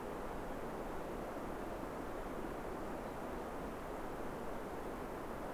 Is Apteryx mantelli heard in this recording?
no